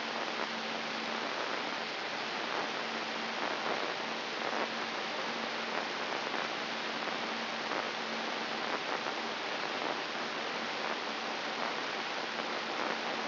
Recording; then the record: brain microelectrode recording played as sound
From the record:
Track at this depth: inside the subthalamic nucleus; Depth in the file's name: 5.337 mm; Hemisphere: right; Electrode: 3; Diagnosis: Parkinson's disease